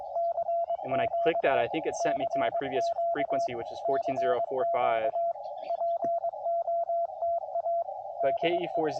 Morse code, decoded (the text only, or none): CQ CQ CQ POTA DE